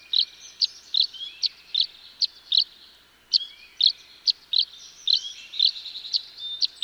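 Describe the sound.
Tree swallow giving bright high chirps in loose series, a short pause midway, then more chirps with soft gurgled notes.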